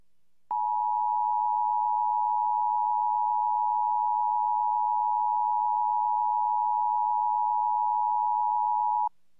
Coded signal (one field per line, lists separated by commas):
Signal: Emergency Alert System (SAME) tones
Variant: 853 and 960 Hz attention tone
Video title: EAS Evacuation Immediate Summit County, Colorado (Silverthorne)